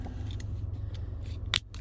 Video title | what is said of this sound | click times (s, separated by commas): How to open Remote Fob Mazda Cx-5 / battery replacement | All right, you hear it crack and pop. | 1.6 s